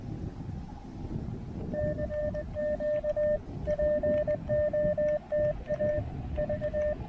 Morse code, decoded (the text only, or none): CQ POTA V